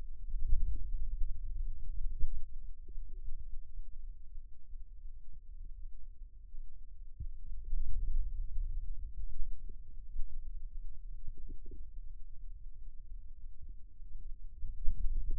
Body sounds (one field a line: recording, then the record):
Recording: forearm muscle sounds (acoustic myography)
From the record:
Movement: radial deviation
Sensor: system 2, bracelet of six BSWA MPA416 microphones around the upper forearm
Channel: 6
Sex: male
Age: 22 years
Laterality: right